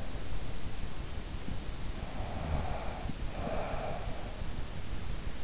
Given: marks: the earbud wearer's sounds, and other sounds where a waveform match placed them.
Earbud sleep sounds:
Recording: sounds in sleep by an in-ear microphone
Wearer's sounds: snoring breath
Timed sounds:
2.13-4.35 s: snoring breath

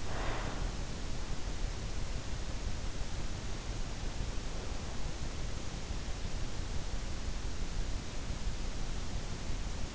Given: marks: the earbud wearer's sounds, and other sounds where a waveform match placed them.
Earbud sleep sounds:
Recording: sounds in sleep by an in-ear microphone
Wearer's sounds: breath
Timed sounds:
0.00-0.70 s: breath

